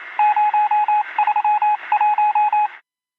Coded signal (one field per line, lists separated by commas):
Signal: Morse code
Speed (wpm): 27 wpm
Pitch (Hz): 840 Hz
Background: radio noise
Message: 031